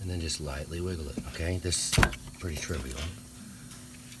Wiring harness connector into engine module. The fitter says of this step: nope I didn't hear either one of them click so